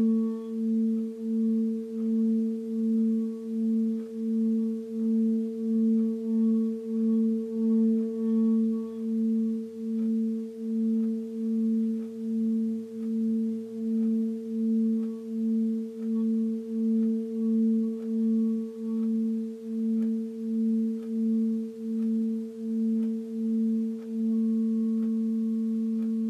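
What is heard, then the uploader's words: Crystal bowls sing with a steady, pure low tone and a clear higher ring above it, held without a break. The sound pulses in a slow, regular wobble roughly twice a second, then settles into a smooth, even hum for the last couple of seconds. Crystal Bowls Blessings. They were all raw recording out of smartphone, no post editing. Those recordings were collected between Mt Shasta and Sedona events.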